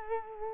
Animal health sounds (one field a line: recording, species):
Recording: mosquito wingbeat signal from an infrared sensor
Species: Culex quinquefasciatus